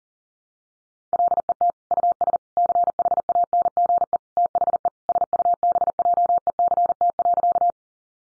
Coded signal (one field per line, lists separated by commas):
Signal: Morse code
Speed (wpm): 40 wpm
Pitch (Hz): 700 Hz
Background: none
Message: LET US CHANGE THE SUBJECT.